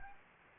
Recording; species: mosquito wingbeat signal from an infrared sensor; Anopheles gambiae